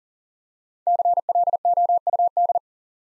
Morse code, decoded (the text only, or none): CLOUD